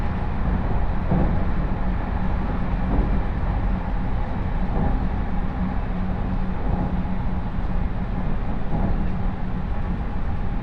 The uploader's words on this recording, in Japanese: 耳で楽しむ鉄道旅 中央西線 恵那→高蔵寺。315系電車が中央本線でデビューしたものの中々乗る機会が無かったのですが、ようやく当たりました。